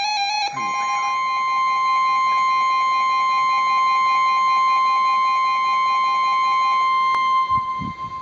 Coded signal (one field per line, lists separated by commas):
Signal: Emergency Alert System (SAME) tones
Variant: 1050 Hz attention tone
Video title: Severe T'storm Warning (EAS#398)